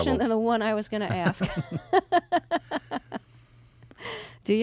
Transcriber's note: laughter